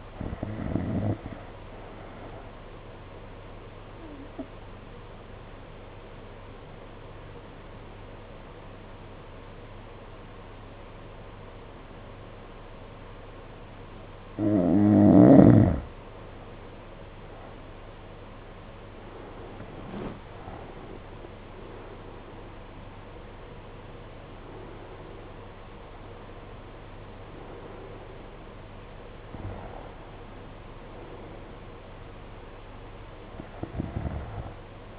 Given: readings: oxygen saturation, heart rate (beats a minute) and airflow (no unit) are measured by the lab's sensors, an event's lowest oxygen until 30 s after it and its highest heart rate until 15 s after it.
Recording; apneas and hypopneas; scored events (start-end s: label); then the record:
breathing in sleep by a voice recorder at the bedside; 1
4.00-16.80 s: obstructive apnea (N2, oxygen 92% highest, then 85% lowest, heart rate 57 at the start, 70 highest)
24.00-34.99 s: new sleep stage, N1 (lightest sleep)
From the record:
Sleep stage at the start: N2 (light sleep); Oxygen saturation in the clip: 86 to 92%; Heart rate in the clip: 54 to 70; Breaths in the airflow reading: 8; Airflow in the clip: -7.9 to 8.6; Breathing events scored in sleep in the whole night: 476 in 9.7 hours asleep